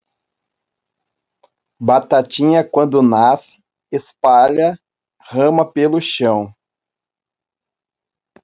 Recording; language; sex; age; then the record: short text; Brazilian Portuguese; male; 30 to 39 years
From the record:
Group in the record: control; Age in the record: 38 years